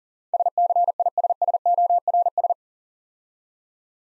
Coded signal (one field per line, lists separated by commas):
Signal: Morse code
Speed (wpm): 40 wpm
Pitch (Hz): 700 Hz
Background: none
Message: SCISSORS